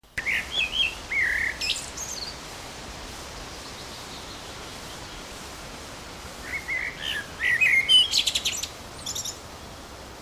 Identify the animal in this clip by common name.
Common Blackbird